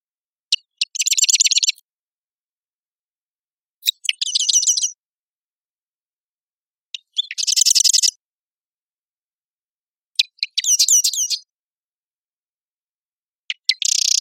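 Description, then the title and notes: Marsh wren song: five bursts of about a second, roughly three seconds apart. Each opens with a few ticks, then a rapid, buzzy, rattling trill that varies. One male singing intensely at Marymoor Park, Redmond, Washington; songs noisy, clanking and constantly varying. "Marsh Wren - Cistothorus palustris - song. recorded at Marymoor Park in Redmond, WA"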